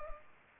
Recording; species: mosquito wingbeat signal from an infrared sensor; Culex pipiens